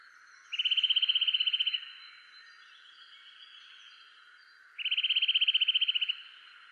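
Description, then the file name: Eurasian nuthatch trill: two fast, evenly spaced series of ringing piping notes, each about a second long, separated by a quieter stretch. "Sitta europaea"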